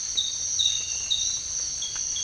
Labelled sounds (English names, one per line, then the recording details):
none
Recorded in dense forest near Puerto Asís, Putumayo, Colombia, on 19 March 2025 at 06:00
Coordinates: 0.485, -76.318
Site G056